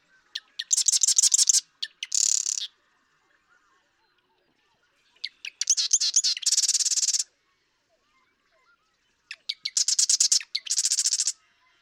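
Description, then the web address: Marsh Wren giving three similar songs, each a few clicks, a chattering trill, then a buzzy rattle, separated by silent pauses. "birdsongforthecurious Marsh Wren"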